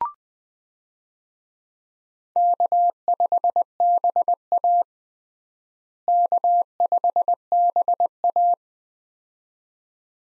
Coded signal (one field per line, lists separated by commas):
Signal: Morse code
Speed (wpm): 20 wpm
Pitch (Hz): 700 Hz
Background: none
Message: K5BA K5BA